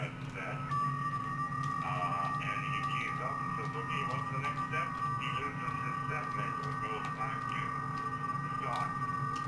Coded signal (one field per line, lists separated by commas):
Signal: FT8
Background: speech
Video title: Running some FT8 basic overview of WSJTX and grid tracker